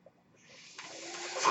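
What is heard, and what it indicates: A soft airy hiss swells steadily in loudness over about a second and a half, like air being pushed through tubing. It is the sound of a home mechanical ventilator delivering a breath, in the background while the user speaks.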